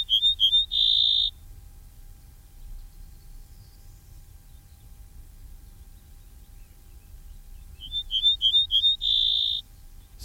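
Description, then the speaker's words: Ortolan bunting song: a few sharp high notes followed by a longer held ringing note, given twice about eight seconds apart, with quiet low rumble between. Played on the programme as promised. "Bien non, oui, je vous avais promis de le faire entendre, puisque c'est l'oiseau qu'on a bien entendu la semaine dernière à la sortie de Tournon."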